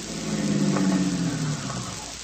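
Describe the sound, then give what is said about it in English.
A car engine hums with a steady low rumble, its pitch sagging slightly as the vehicle slows to a stop. No voices are heard. “Stop the car, Vitamin.”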